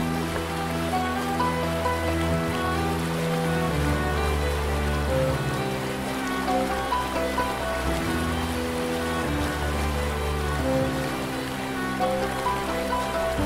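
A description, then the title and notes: Water flows in a steady, dense rush beneath slow piano and violin music. Long held notes shift to new chords every second or two, with a deep, sustained low line underneath. The level stays even throughout, with no pauses. Water Flow, Piano and Violin Sound.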